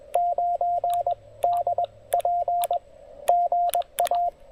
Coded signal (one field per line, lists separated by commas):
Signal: Morse code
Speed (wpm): 21 wpm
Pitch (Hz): 700 Hz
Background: radio noise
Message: 9 DP GA